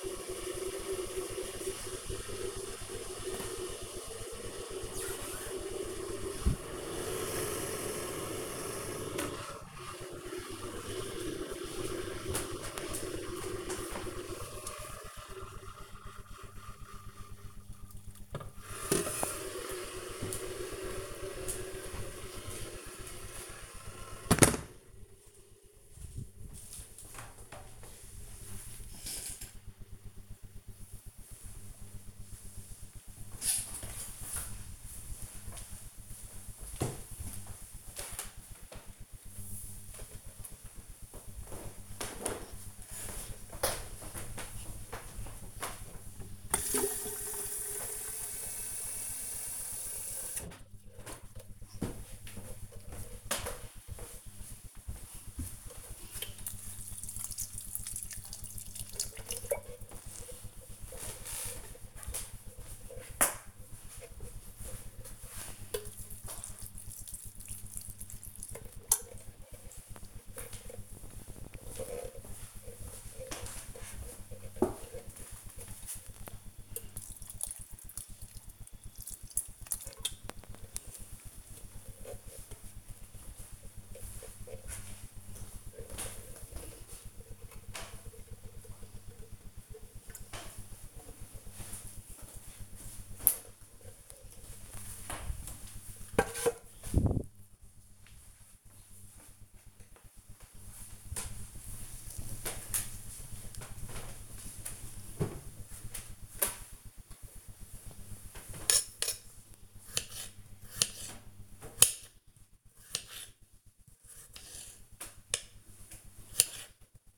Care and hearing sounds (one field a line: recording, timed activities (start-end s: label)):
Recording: household activities, microphone on the right wrist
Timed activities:
0.00-24.94 s: making tea
39.03-95.45 s: watering plant
106.55-117.18 s: cutting vegetables